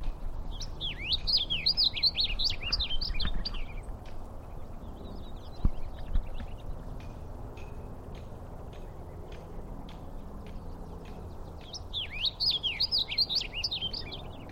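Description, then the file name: Black-polled yellowthroat singing two quick jumbled warbling phrases of high looping notes, one at the start and another near the end, separated by quiet with low steady background noise. "Golosa ptic - Lugovoj maskovyj pevun Geothlypis poliocephala"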